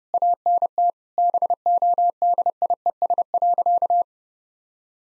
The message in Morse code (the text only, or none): ANT BODIES.